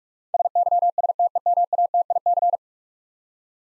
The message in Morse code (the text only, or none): SYSTEMATIC